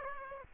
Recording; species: mosquito wingbeat signal from an infrared sensor; Aedes aegypti